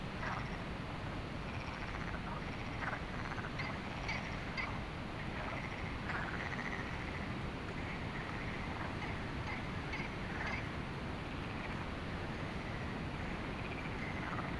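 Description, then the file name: Many frogs calling in brief, clipped notes that pile up densely, over a steady windy rumble. Frogs heard at night at Lagoa do Canário, with wind; binaural recording. "Lagoado Canario frogs wind night binaural"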